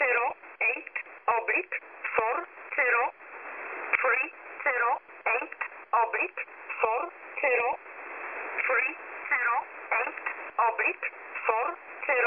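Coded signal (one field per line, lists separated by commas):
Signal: numbers station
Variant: E11 Oblique, English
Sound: a voice reading short numbers and words repeatedly over steady radio hiss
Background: radio static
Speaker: this over here is is everyone's favorite number station E11 oblique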